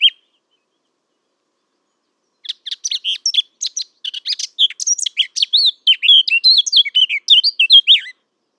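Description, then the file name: Eurasian blackcap singing: a lone note, over two seconds of quiet, then a dense run of rapid scratchy and fluty warbled notes lasting about six seconds. "Sylvia atricapilla"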